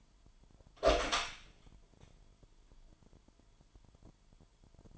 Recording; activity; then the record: daily activity, microphone in the room; open door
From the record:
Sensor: 5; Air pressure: 998.4 hPa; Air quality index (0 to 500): 83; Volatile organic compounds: 1 ppm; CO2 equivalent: 943 ppm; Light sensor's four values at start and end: 30/72/30/33 and 30/73/30/33